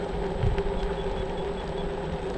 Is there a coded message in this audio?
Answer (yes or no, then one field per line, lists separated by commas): no